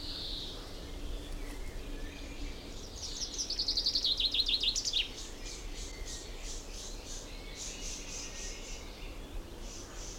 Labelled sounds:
Common Chaffinch

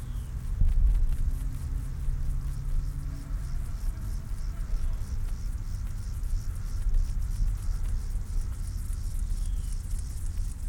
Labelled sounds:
Upland Field Grasshopper stridulation

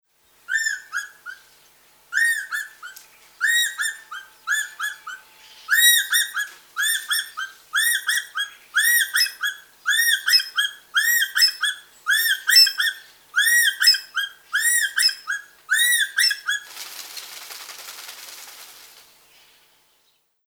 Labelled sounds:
Ornate Hawk-Eagle

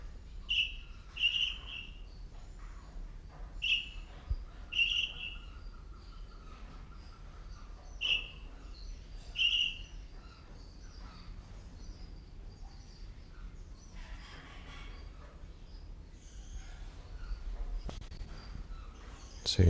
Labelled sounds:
Golden-breasted Starling

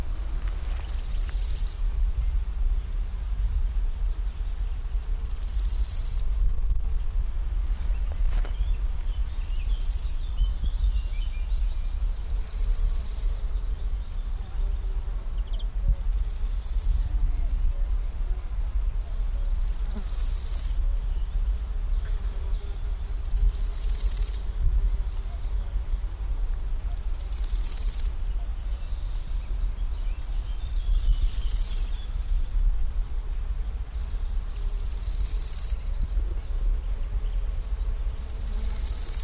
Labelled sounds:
Large Gold Grasshopper stridulation

